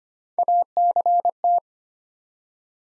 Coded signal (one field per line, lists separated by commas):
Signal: Morse code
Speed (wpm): 25 wpm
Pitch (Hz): 700 Hz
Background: none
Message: ACT